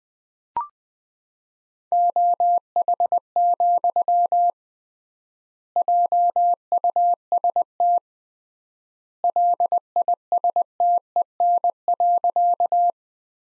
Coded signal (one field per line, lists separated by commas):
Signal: Morse code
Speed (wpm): 20 wpm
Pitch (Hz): 700 Hz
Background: none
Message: OH, JUST LISTEN.